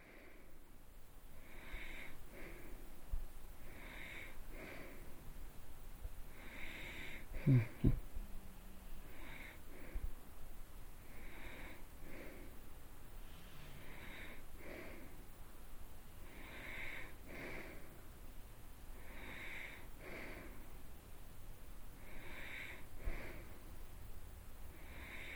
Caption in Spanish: Respirando y roncando. Sonidos realizados con el cuerpo.